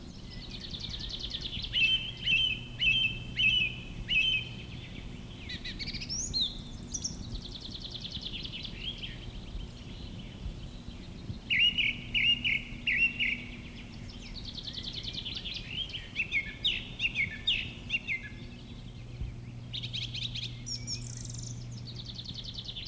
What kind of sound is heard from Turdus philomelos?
song